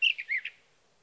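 Sage thrasher song fragment, three or four quick slurred whistled notes in half a second, ending abruptly.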